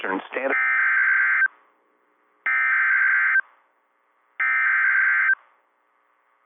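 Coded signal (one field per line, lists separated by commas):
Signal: Emergency Alert System (SAME) tones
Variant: header bursts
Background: speech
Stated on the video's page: EAS alerts from one severe weather day, including a PDS Tornado Warning in the Indianapolis coverage area.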